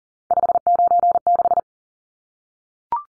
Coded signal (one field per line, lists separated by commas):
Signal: Morse code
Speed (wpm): 40 wpm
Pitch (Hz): 700 Hz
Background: none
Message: 596